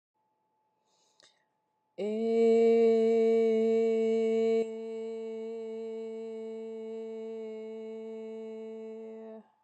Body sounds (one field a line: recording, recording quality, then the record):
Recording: sustained vowel as in made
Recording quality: excellent, no background noise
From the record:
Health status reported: COVID-19 positive, no symptoms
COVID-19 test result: positive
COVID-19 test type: rapid antigen test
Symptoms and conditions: cough, sore throat, fatigue, muscle pain, hypertension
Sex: female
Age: 50 years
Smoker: no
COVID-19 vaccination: both doses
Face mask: not worn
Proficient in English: yes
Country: United States